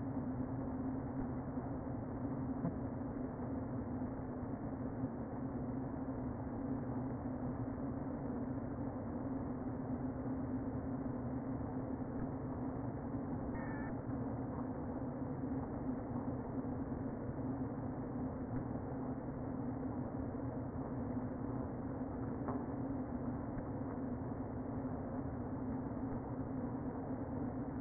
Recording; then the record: honeybee colony, microphone inside the hive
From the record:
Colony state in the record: queen present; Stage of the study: before two queens were removed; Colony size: about 60,000 bees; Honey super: yes